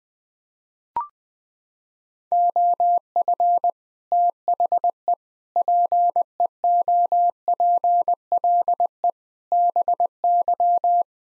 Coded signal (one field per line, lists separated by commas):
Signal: Morse code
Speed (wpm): 21 wpm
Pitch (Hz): 700 Hz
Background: none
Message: OF THE PEOPLE BY